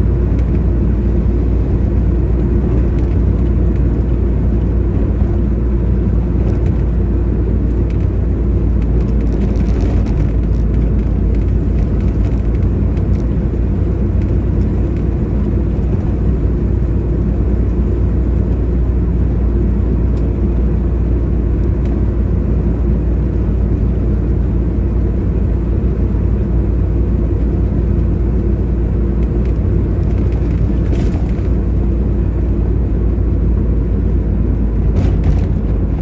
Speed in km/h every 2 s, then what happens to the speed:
39, 38, 38, 37, 37, 37, 38, 38, 39, 38, 38, 38, 38, 38, 38, 38, 36, 34.
0-36 steady at about 38.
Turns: none.